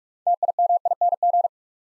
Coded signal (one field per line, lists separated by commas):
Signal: Morse code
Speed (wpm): 44 wpm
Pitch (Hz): 700 Hz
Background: none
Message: TIMING